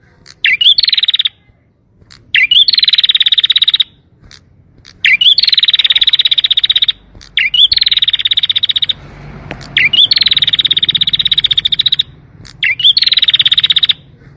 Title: Canto Para Esquentar Canário Belga. CUITAN KENARI MERANGSANG BUNYI KENARI PAUD. PANCINGAN KENARI AGAR GACOR